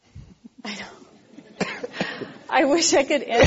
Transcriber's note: laughter